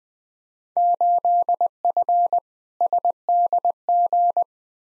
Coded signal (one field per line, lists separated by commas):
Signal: Morse code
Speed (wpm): 20 wpm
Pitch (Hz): 700 Hz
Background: none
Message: 8F SDG